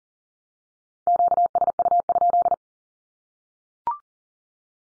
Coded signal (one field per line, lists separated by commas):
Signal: Morse code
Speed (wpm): 40 wpm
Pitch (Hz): 700 Hz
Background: none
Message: QSU?